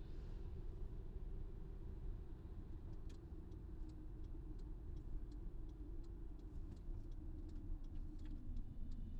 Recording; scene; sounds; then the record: everyday scene through a hearing-aid microphone; in a vehicle; engine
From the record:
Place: VW T5 Caravelle, diesel engine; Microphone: in the ear canal, left